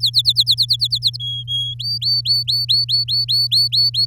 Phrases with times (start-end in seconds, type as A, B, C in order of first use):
0.00-1.17 A, 1.20-1.74 B, 1.79-4.05 C